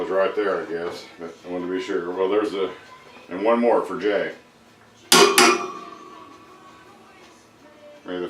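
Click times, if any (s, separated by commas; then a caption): 5.1 s. Someone talks while making a second pull on a click-type torque wrench set to 265 ft-lb to confirm that the big spanner nut on the compressor bearing of a J44 jet engine is at torque. One sharp metallic click rings out at 5.1 s, followed by a brief ringing tail, confirming the nut is torqued.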